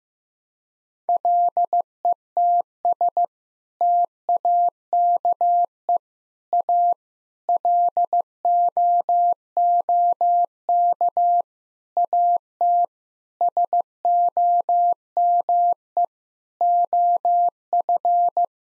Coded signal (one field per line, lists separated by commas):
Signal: Morse code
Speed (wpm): 15 wpm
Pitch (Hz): 700 Hz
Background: none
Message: LETS TAKE A LOOK AT SOME OF